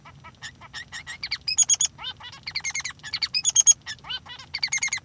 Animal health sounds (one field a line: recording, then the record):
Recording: song of a male Bengalese finch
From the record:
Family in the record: son of father 3